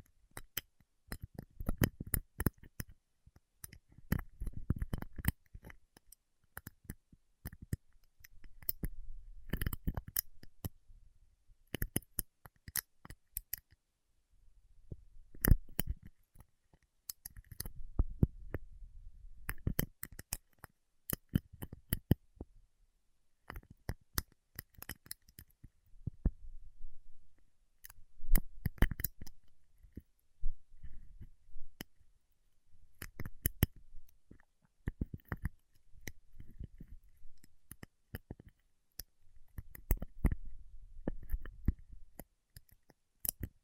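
Dry clicks and crisp snaps from handling paraffin wax, with peeling, tapping and scratching coming in irregular bursts through the whole take. Sharp bright ticks cluster densely, broken by short pauses, over soft low rubbing.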